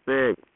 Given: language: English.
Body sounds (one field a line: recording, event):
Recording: throat vibration sensor signal played as sound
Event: speech